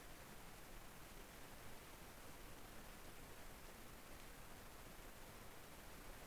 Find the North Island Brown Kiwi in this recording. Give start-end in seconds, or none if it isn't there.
none